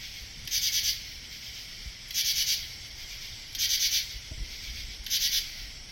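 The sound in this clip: Cricket chirps come as pulsed, trilled bursts repeated roughly every one and a half seconds over a soft, steady background hiss.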